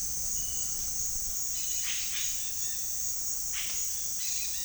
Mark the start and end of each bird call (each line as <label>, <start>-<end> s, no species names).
bird call, 0.33-0.98 s
bird call, 1.56-2.91 s
bird call, 3.41-4.64 s